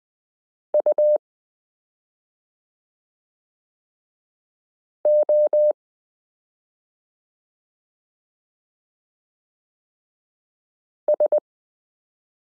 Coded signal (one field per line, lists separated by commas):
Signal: Morse code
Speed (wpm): 20 wpm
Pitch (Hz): 600 Hz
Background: none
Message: UOS